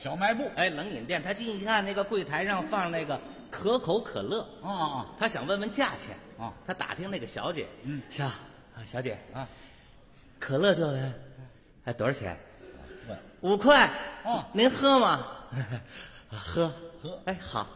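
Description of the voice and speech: Mandarin male speech in a crosstalk comedy routine, imitating a severe stutter: repeated words and syllables, drawn-out sounds and long silent gaps between effortful phrases make the speech slow and laborious. Light laughter in the background.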